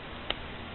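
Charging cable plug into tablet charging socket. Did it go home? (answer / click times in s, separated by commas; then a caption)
yes / 0.3 s. A charging cable's plug, lined up with its white part toward the wide side of the socket on a Samsung Galaxy Tab 3 tablet, is pushed in against slight resistance. It gives a single sharp click at 0.3 s and seats fully into the socket, over a steady low background hiss.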